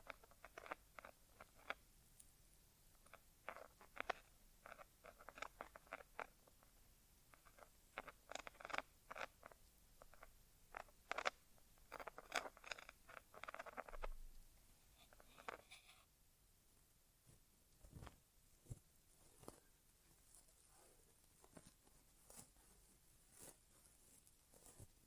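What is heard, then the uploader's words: An ASMR inner ear exam with no talking, made of crisp scratches, taps and rustles arriving in quick, irregular bursts. The first fifteen seconds are busy and dense; after that the sounds thin out into scattered, sharper clicks against a quiet background. ASMR Inner Ear Exam (No Talking).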